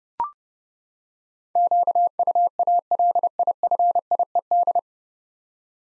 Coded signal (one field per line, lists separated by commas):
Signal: Morse code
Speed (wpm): 30 wpm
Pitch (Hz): 700 Hz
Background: none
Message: QUALIFIED